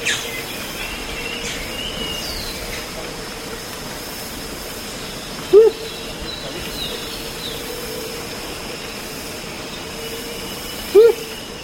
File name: Blue-Crowned Motmot